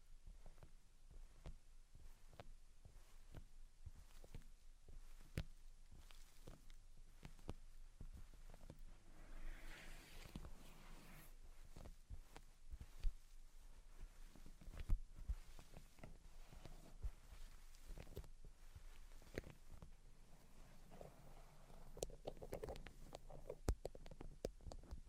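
Tapping and scratching sounds come in short, irregular clicks and taps across the whole clip, with a few sharper knocks near 5, 13, 15 and 24 seconds. Around 10 seconds a brighter, smoother scratching or tracing stroke stands out, over a steady low rumble.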